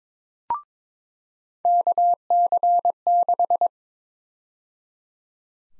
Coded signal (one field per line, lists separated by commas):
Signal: Morse code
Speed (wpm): 22 wpm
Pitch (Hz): 700 Hz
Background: none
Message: KC6